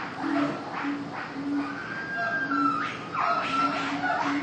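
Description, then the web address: Gibbon howling: rising, swooping whoops and long sustained tonal notes over a steady lower hooting pulse, building toward overlapping calls near the end. Zoo ambience recorded at the monkey cage, gibbons howling. "SFXBible ambience-zoo-monkey-cage-gibbons-howl"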